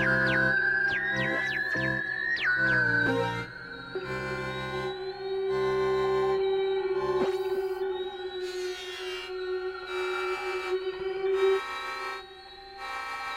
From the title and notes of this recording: Sea creature - sounds made from shortwave noise, synths, and field recordings.